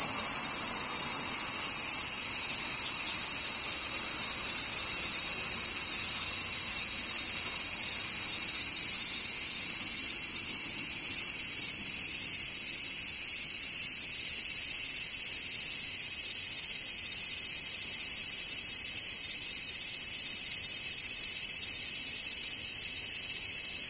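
Cicadas drone without pause, a dense, high-pitched buzz that stays at one steady level for the whole stretch. No separate calls or breaks stand out, and only a faint low rumble sits underneath the shrill, unchanging hiss.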